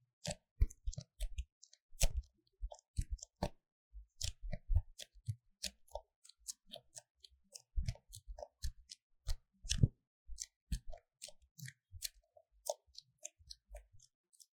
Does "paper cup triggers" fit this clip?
yes